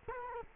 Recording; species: mosquito wingbeat signal from an infrared sensor; Culex quinquefasciatus